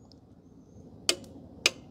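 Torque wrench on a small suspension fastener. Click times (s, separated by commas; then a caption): 1.1 s, 1.7 s. A torque wrench set to 5 ft-lb tightens a small suspension fastener, rated 6.6 ft-lb, while an Ohlins suspension is installed on a Rebel 1100; the lower setting avoids stripping it. Against a quiet background, the wrench breaks over with sharp clicks at 1.1 s and 1.7 s, confirming it has reached its set torque.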